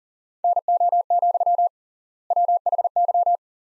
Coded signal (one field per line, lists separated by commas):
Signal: Morse code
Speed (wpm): 40 wpm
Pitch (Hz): 700 Hz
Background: none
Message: NO, WHY